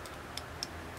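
The plastic cape of a Kaiyodo Revoltech Yamaguchi No. 031 Getter Robot Getter-1 action figure is pressed directly onto the outside of the figure's red back piece. A short, sharp tick at 0.4 s is followed by a crisp plastic snap at 0.6 s over a quiet, steady background. At 0.6 s the cape snaps into the two side grooves and locks in place.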